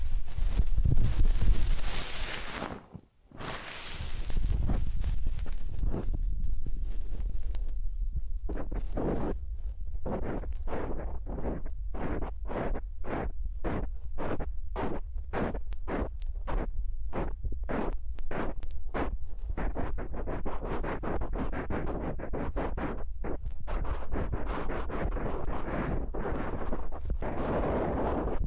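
A massage and ear cleaning session opens with loud rushing and rubbing against the microphone, cut by a brief silence near three seconds. Then come steady, evenly spaced strokes, about two per second, growing denser and faster after twenty seconds over a constant low rumble.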